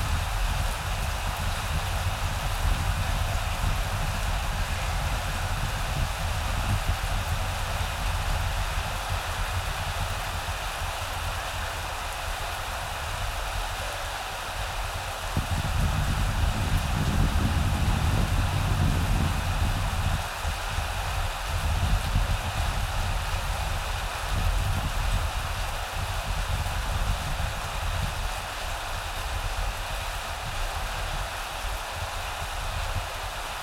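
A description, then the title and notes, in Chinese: Steady rain falls in a dense, even hiss across the whole clip, with a deep low rumble underneath. Around the middle, from about 15 to 20 seconds, the low end swells louder, like thunder rolling, before settling back to the constant downpour. 雷雨声。夏季的雨。在下雨天的时候录下来。下雨的声音。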